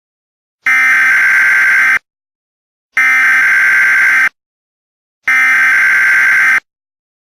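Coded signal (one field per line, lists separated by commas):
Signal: Emergency Alert System (SAME) tones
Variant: header bursts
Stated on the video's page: Fictional EAS scenario made for entertainment, not a real alert.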